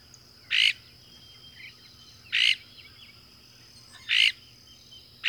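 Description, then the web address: Northern mockingbird uttering harsh, buzzy chack notes spaced under two seconds apart over a quiet background with faint soft chirps. North America; common western species. "Songs of Birds of North America Know Your Bird Sounds Common Western Species 33-Northern Mockingbird"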